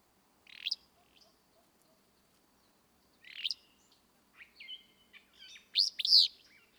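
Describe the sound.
Willow flycatcher song: short, buzzy, sneezy phrases given a few seconds apart, with a loud burry burst near the end and softer high chips between.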